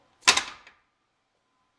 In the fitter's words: it locks into place.